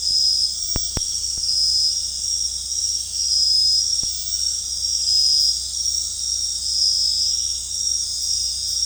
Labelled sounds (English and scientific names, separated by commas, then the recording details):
none
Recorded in dense forest near Puerto Asís, Putumayo, Colombia, on 20 February 2024 at 00:00
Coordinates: 0.485, -76.322
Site G6406